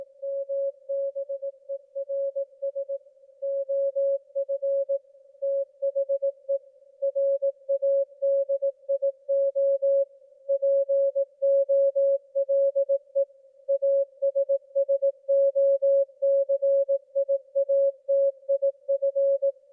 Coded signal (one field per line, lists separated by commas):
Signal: Morse code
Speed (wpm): 18 wpm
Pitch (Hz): 550 Hz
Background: music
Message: MBERS OF THE RADIO POLE ASSOCIATIF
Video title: 2024-05-30 22:57 ET = W1AW CW broadcast (partial)